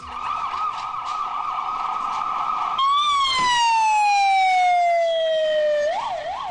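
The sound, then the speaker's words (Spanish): Ambulance sirens blare loudly with no one talking as ambulances carry the wounded and dead after bomb explosions in two Moscow metro stations, starting in a rapid warbling yelp, switching to a long wail that slowly falls in pitch, then breaking back into a quick warble. “Sonido de las ambulancias llevando a los heridos y a los muertos.”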